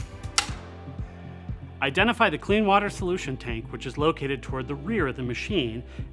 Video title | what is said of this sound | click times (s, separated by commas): i-mop® XL Plus Walk-Behind Scrubber - How to Operate - Tennant Company | hold the scrub deck of the i-mop and slide in the battery packs from each side until you hear a loud click. | 0.4 s